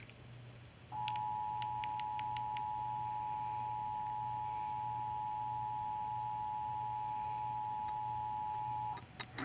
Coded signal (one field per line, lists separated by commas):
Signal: Emergency Alert System (SAME) tones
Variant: 853 and 960 Hz attention tone